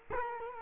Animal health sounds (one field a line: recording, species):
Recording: mosquito wingbeat signal from an infrared sensor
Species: Culex quinquefasciatus